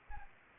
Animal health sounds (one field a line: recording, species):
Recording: mosquito wingbeat signal from an infrared sensor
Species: Anopheles arabiensis